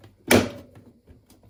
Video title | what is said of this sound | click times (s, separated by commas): How To Fix Ice Buildup In Bottom Freezer & Water Leaking In French Door Maytag Refrigerator | By pushing in place, and you can hear the click. | 0.3 s